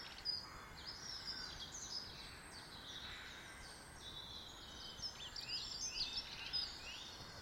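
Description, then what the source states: Birds singing, quick high chirps and short warbled phrases from more than one bird, busiest near the start and end, with a quiet hiss behind. Birds in a garden.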